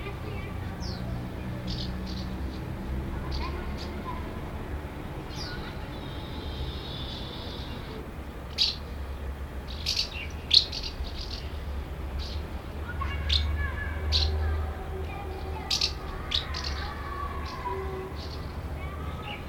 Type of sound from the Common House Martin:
call